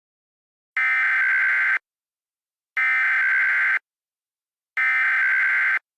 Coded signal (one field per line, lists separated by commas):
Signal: Emergency Alert System (SAME) tones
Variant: header bursts